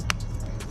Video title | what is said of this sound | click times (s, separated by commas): Dasaita DAS X9s 4K+1080P Dual Dash Camera for my 2017 Kia Forte(UNBOXING AND INSTALLATION) | snaps back in so that's actually pretty good | 0.1 s